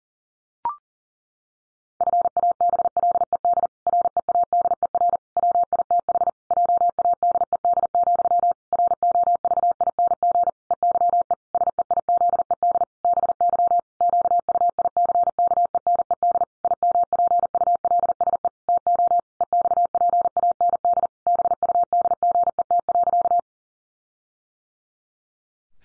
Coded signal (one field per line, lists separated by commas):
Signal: Morse code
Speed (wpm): 37 wpm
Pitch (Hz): 700 Hz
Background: none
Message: FABLED READER WITH JADED, ROVING EYE SEIZED BY QUICKENED IMPULSE TO EXPAND BUDGET.